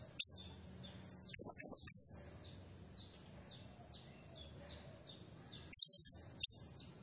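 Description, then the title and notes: Blue-crowned hanging parrot song: shrill, very high trilled bursts, up to about a second long, with short sharp notes before and after them. Faint, softer, repeated downslurred chirps fill the gaps. Used as a lure and as a tutor recording for training birds; the bird sings vigorously in the 'nembak' and 'gacor' style. "Burung Serindit Nembak Gacor. Suara Nasteran Dan Pemikat Burung Serinditan Gacor"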